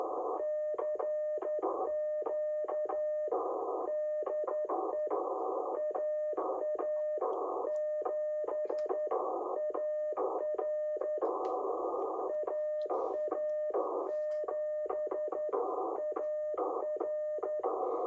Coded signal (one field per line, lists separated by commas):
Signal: Morse code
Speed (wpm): 11 wpm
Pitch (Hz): 610 Hz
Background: radio noise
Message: CQ DE AA7AR AA7AR